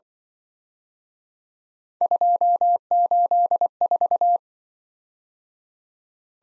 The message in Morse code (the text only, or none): 284